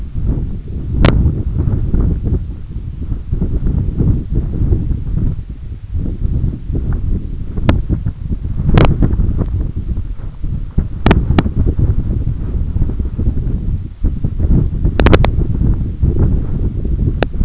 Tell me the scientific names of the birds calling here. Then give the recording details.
none. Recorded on Arctic tundra, site EABA-1, on 20 June 2018. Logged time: 18:00